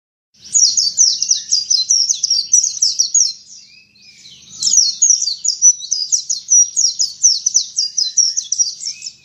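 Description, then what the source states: White-eye song: two long, loud runs of fast, high, slurred chirps, each lasting about three to five seconds, with a short break between them. 'Dakun ngalas ngeroll' song.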